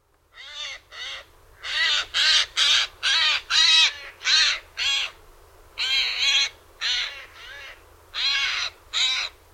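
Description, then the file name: Eurasian jay giving many harsh, rasping screeches in a rapid series, with short gaps between them. "Garrulus glandarius"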